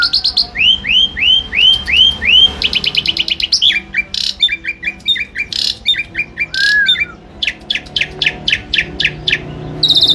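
A pied starling sings in a busy, varied run: rising looped whistles at first, then rapid clusters of sharp chirps and bright buzzy notes. Phrases come fast and shift in pattern every second or two, over a faint low hum.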